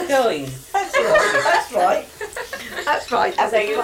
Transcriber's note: general laughter